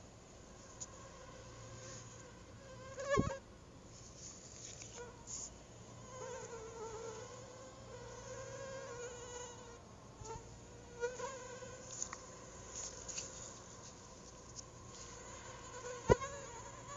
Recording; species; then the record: mosquito flight sound by mobile phone; Anopheles arabiensis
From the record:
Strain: Rufisque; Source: CDC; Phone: Google Nexus